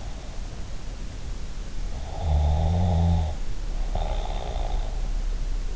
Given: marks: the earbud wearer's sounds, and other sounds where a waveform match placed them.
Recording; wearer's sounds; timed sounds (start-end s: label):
sounds in sleep by an in-ear microphone; snoring breath
2.17-4.74 s: snoring breath